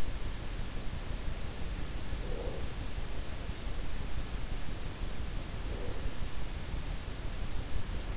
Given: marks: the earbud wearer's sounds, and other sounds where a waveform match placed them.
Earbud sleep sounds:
sounds in sleep by an in-ear microphone; breath
1.89-2.98 s: breath
5.27-6.43 s: breath

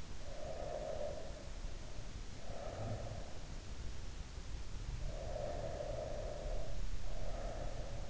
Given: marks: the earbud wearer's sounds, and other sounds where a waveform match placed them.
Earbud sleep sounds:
sounds in sleep by an in-ear microphone; breath
0.10-3.34 s: breath
4.70-8.09 s: breath

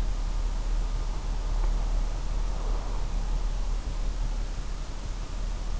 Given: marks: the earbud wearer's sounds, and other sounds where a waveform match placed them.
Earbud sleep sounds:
sounds in sleep by an in-ear microphone; breath
1.05-3.28 s: breath

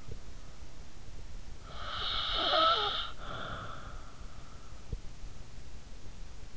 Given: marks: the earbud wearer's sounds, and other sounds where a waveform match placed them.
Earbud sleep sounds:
sounds in sleep by an in-ear microphone; snoring breath
1.65-4.66 s: snoring breath

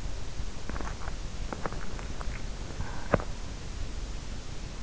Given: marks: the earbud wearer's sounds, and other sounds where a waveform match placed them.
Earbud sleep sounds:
sounds in sleep by an in-ear microphone; swallowing, breath
0.00-4.11 s: swallowing
1.99-4.11 s: breath

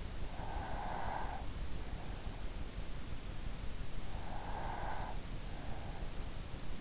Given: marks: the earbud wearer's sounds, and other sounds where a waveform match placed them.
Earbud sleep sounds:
sounds in sleep by an in-ear microphone; breath
0.19-2.07 s: breath
4.07-5.90 s: breath

